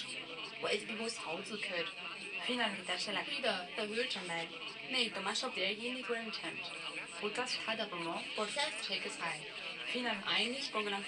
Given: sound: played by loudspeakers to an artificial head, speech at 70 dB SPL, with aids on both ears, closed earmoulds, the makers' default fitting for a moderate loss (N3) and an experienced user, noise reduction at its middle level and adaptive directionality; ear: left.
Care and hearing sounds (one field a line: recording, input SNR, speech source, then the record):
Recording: speech test signal (ISTS) in cocktail-party noise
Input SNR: +9 dB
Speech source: on the right (90 degrees)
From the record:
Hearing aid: class 2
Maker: I